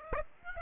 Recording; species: mosquito wingbeat signal from an infrared sensor; Aedes aegypti